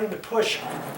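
A drawer on its slide rails in a storage cabinet is handled as it starts to be pushed in while someone talks. The drawer is not yet home, and nothing has seated or clicked yet.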